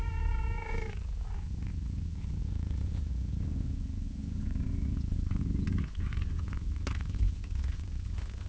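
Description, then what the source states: Cat gives one short harmonic meow at the start, followed by a steady low rumbling purr that continues through the rest. Gently meowing and purring at long intervals.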